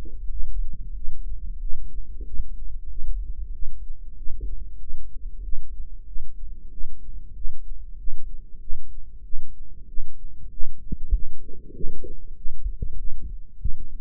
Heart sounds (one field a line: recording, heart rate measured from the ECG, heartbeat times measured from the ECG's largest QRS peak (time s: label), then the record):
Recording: heart sounds by microphone in the right ear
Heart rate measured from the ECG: 95 bpm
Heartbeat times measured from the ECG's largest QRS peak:
0.30 s: heartbeat
0.95 s: heartbeat
1.61 s: heartbeat
2.26 s: heartbeat
2.90 s: heartbeat
3.53 s: heartbeat
4.17 s: heartbeat
4.80 s: heartbeat
5.43 s: heartbeat
6.07 s: heartbeat
6.71 s: heartbeat
7.35 s: heartbeat
7.98 s: heartbeat
8.61 s: heartbeat
9.24 s: heartbeat
9.88 s: heartbeat
10.51 s: heartbeat
11.13 s: heartbeat
11.75 s: heartbeat
12.37 s: heartbeat
12.98 s: heartbeat
13.59 s: heartbeat
From the record:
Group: healthy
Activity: rest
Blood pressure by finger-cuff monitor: 121/57 mmHg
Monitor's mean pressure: 74 mmHg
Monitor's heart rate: 95 bpm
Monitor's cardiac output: 10.9 L/min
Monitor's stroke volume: 115 mL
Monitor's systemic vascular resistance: 490 dyn s/cm5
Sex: male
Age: 35 years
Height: 180 cm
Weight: 86.9 kg